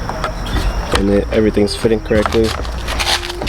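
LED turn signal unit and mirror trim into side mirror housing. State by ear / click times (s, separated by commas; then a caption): not seated / none. A smoked sequential LED turn signal unit and the surrounding mirror trim are handled and pressed back into the side mirror housing of an F22 M240i. Someone talks, with a few short taps and knocks near 0.1 s, 0.2 s, 3.0 s, 3.3 s and 3.4 s. The clip ends before the part goes home, so nothing has seated yet.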